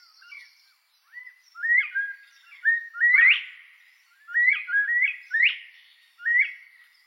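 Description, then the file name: Northern bobwhite song, clear whistled two-part phrases ending in a steep upward slur, repeated in a run with brief gaps. "canto da perdiz da virginia"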